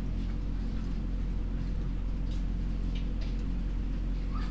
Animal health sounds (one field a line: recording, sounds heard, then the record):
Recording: poultry house recording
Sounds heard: sick chickens (respiratory disease)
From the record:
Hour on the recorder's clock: 4